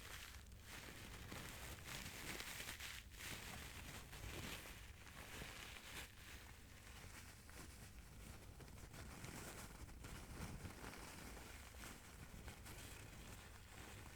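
Dense crinkling plays steadily throughout, a bright crackly rustle with brief dips and bursts every second or two and no other sounds.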